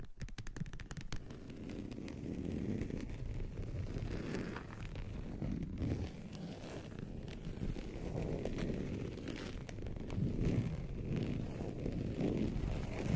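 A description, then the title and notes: Gentle tapping and scratching over a steady, muffled low rumble. A quick run of light taps opens the first second, then softer scattered taps and rough scratches continue irregularly at an even level throughout. ASMR Tingly Gentle Tapping & Scratching. No Talking.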